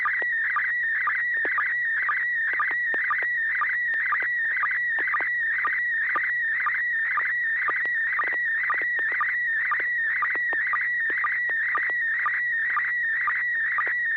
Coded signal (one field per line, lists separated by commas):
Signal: SSTV (slow-scan television)